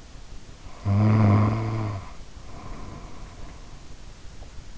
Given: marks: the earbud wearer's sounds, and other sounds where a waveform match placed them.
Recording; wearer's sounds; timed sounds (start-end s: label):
sounds in sleep by an in-ear microphone; snoring breath
0.67-3.68 s: snoring breath